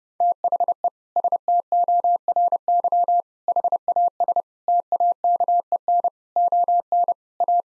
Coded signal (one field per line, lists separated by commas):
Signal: Morse code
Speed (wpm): 32 wpm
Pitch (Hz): 700 Hz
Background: none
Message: THE STORY HAS TAKEN ON A